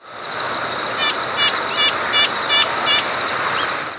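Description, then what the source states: Red-breasted nuthatch giving short, nasal, tinny notes in a loose series, over a steady high-pitched insect drone. Recorded in New Jersey.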